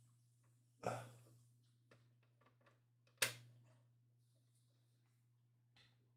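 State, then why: Seated. A plastic scale-model kit part is carefully pressed onto the model assembly. After a softer broadband knock at 0.9 s and a few faint ticks over a steady low hum, it pops into place with a sharp, loud click at 3.2 s. The part seats perfectly with no fiddling needed.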